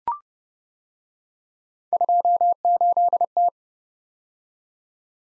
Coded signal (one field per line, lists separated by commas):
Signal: Morse code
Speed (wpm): 29 wpm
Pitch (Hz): 700 Hz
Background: none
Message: 28T